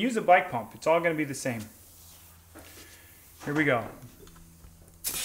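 Someone talks while preparing to inflate a scooter tire with a pump so its rubber bead pops onto the bead seat of the metal wheel rim, with a low steady hum between phrases and a brief broadband hiss starting near the end. Nothing has seated or clicked yet; the bead has not popped into place.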